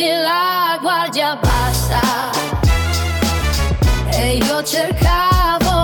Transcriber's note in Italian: Beat breaks down to just drums and a filtered oud loop; Ad-libs, whispered, rhythmic